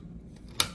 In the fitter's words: and you can hear it clicking.